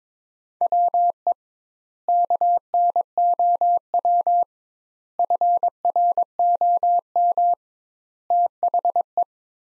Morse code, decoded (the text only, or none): WE KNOW FROM THE